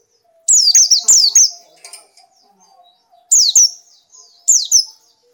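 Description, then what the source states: Nightingale song in a few short phrases of quick downward-sweeping whistles, with quiet pauses between. Masteran (tutor) recording used to train pet birds to sing.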